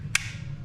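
A magazine is inserted into the magazine well of a semi-auto pistol, and a single sharp click sounds at 0.2 s over a low background hum. The click is the disconnect lever coming back up as the magazine seats.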